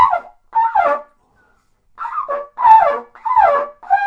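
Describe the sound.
Bird calling in loud, rasping, slurred bursts, two at first, then after a pause of about a second four more in quick succession.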